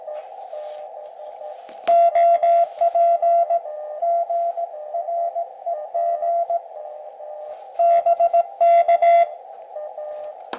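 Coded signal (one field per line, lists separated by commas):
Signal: Morse code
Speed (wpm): 17 wpm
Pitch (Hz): 680 Hz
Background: none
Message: OP GREG BK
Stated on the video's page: QRP CW contest (Spartan Sprint) worked on an Elecraft KX2 with a dipole antenna.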